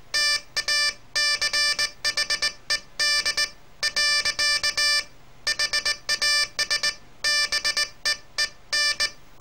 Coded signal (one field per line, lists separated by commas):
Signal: Morse code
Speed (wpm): 18 wpm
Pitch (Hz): 1750 Hz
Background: none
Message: TACHED. HAS BEEN